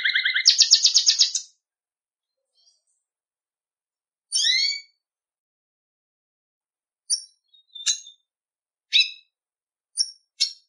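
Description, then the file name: Red siskin giving a short, fast buzzy trill, then scattered short high chirps separated by long silent gaps. "Canto do pintassilgo da venezuela"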